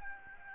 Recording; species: mosquito wingbeat signal from an infrared sensor; Aedes albopictus